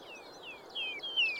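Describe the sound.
Vesper sparrow song: a series of clear, high whistles, each sliding downward, the later ones louder, over soft background hiss.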